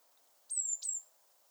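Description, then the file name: Eurasian blue tit calling with two thin, very high notes in quick succession, each sliding slightly downward, in an otherwise quiet background. "Cyanistes caeruleus"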